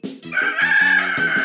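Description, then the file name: Rooster crowing, a loud drawn-out harmonic call held for over a second. "rooster"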